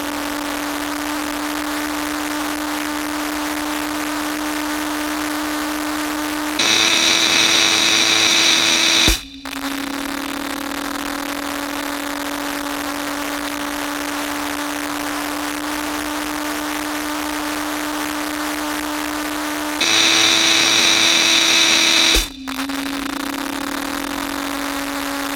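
A steady droning tone with a rattling, buzzing layer from film tins resting on the speakers holds throughout. Twice, near 7 and 20 seconds, a brighter, louder band of hiss and ringing feedback swells in, then cuts off sharply with a click around 9 and 22 seconds.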